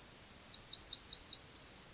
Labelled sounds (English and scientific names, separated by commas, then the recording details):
Yellowhammer (Emberiza citrinella) song
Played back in grassland
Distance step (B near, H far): B
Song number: 109